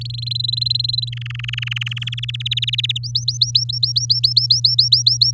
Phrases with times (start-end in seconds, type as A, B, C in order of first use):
0.01-0.07 A, 0.10-1.09 B, 1.12-2.09 C, 2.12-2.98 D, 3.03-5.31 E